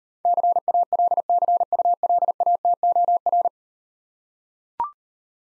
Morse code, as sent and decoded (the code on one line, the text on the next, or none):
-.-. .- .-.. -.-. ..- .-.. .- - --- .-.
CALCULATOR